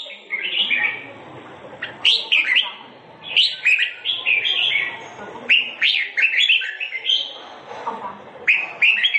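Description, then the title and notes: Sooty-headed bulbul singing lively, liquid whistled phrases of rising and falling notes in bursts with short pauses, over a faint low rumble. Described as "gacor", a term for a bird singing vigorously and continuously. "kutilang gacor"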